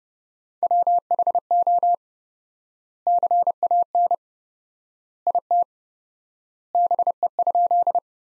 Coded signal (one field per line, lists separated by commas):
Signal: Morse code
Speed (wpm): 30 wpm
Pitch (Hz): 700 Hz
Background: none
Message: WHO CAN IT BE?